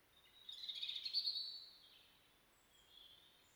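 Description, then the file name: European robin song: one high, thin warbled phrase lasting about a second, followed by a faint short note, over soft background hiss. "Erithacus rubecula"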